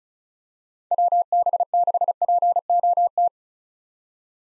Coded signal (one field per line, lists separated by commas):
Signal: Morse code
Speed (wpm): 34 wpm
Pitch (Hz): 700 Hz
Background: none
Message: WB6POT